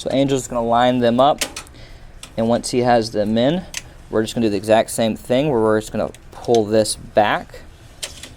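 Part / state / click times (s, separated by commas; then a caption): server sliding rail end bracket into rack post holes / seated / 8.0 s. Someone talks while the metal sliding-rail end bracket for a Dell PowerEdge R940xa server is lined up with holes 5 and 6 on the right front rack post and pulled back into position. The bracket is pushed in until its spring latch engages with a sharp click at 8.0 s, leaving the rail seated and locked in place.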